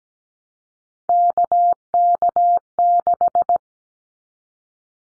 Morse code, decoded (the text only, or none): KK6